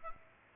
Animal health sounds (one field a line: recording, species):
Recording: mosquito wingbeat signal from an infrared sensor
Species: Aedes aegypti